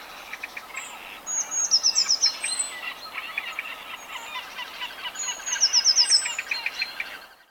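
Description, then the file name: Eurasian blue tit phrases of high piping notes ending in rapid trills, heard twice, over steady chattering from other small birds. "Cyanistes caeruleus"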